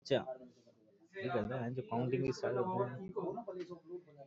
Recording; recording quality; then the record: counting at a normal pace; poor, much background noise or distortion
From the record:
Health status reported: healthy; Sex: male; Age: 31 years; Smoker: no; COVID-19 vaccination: both doses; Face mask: worn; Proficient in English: yes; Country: India